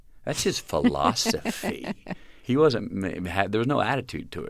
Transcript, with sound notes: That's his philosophy.
(LAUGHTER)
He wasn't - there was no attitude to it.